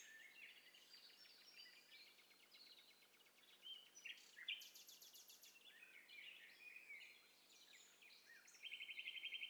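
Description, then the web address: Birds chirping together in an overlapping chorus of short whistles and slurred notes, a sharp high burst near the middle, and a rapid trill starting at the end. Overlapping mix of several birds, in stereo. "Hi Fi STEREO BIRD COCKTAIL PARTY Challenge SBCP TESTSET HDBird Cocktail Party"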